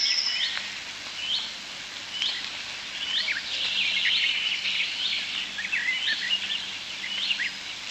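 European starlings chattering, repeated short slurred chirps and wheezes overlapping steadily over background hiss.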